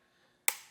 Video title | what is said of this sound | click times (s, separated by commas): AVA of Norway PRESSURE WASHERS! - Best Electric Pressure Washer for your home and car? | you pull that back but like you said once you hear the click | 0.5 s